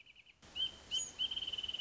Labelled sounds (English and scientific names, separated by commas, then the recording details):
Wrentit (Chamaea fasciata)
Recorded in Sonoma County, California